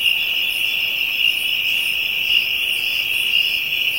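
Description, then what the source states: Insects producing a continuous high buzzing trill, with regular pulsing very high hiss sounds above. Ambient insect chorus from Africa.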